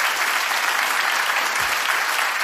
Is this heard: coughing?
no